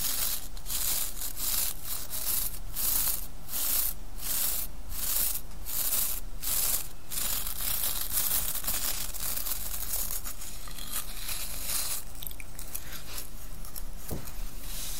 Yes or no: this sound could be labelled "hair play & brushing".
yes